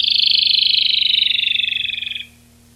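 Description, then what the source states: Rufous-tailed robin song: one rapid rattling trill about two seconds long, sliding gently downward in pitch and fading at the end. Recorded 19–22 July 1991.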